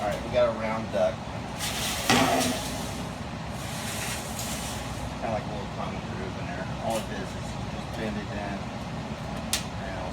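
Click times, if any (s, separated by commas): 9.5 s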